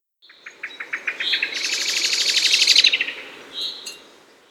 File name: Turdus merula 131108